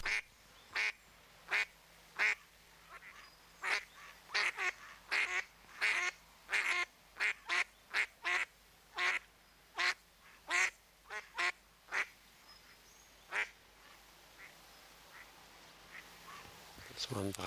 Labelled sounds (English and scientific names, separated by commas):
Mallard (Anas platyrhynchos) call